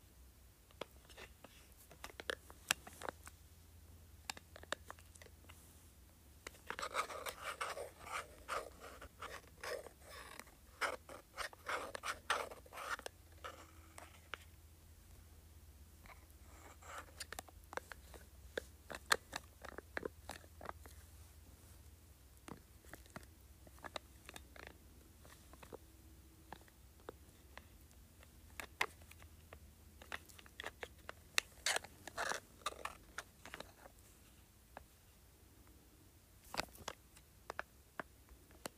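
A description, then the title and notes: An LED light remote is handled, its buttons clicking in irregular bursts, busiest around seconds 7–13 and 30–33, over a steady low hum. ASMR LED Light Remote.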